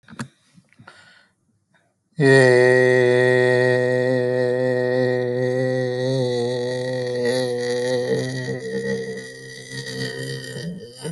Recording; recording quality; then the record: sustained vowel as in made; excellent, no background noise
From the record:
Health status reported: healthy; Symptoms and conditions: none ticked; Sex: male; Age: 35 years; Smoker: not ticked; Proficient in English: yes